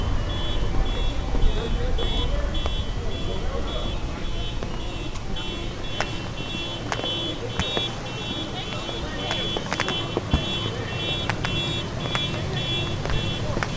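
Street traffic on California Ave rumbles steadily throughout, with voices mixed into the din. A bright, pulsing horn-like tone repeats in short bursts across most of the clip, and sharp clicks and knocks punctuate the noise every second or so.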